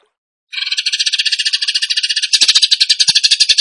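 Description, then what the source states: Bird song: harsh, rattling high trill of rapid pulses that grows louder and rougher partway through. Masteran (training recording) of bird song in tembakan gacor style.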